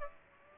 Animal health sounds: mosquito wingbeat signal from an infrared sensor; Aedes aegypti

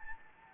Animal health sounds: mosquito wingbeat signal from an infrared sensor; Anopheles gambiae

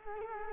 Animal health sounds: mosquito wingbeat signal from an infrared sensor; Culex quinquefasciatus

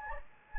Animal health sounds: mosquito wingbeat signal from an infrared sensor; Anopheles gambiae

